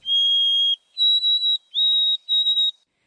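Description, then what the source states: White-throated Sparrow song: one long, steady, pure whistle, then several higher whistled notes. Clear, pipe-like song; species normally breeds well to the north in forested areas.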